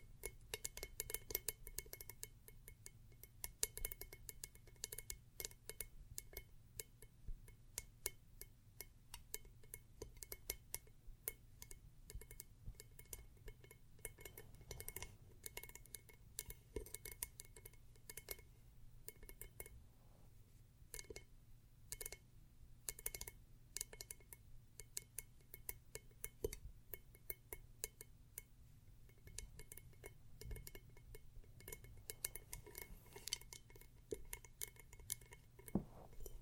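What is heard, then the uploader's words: Pencils and small studs tap and rattle against ceramic in a dense, irregular stream of bright clinks over a steady low hum. ASMR 3 EXTREMELY TINGLY ITEMS（No Talking） pencils, studs, ceramic.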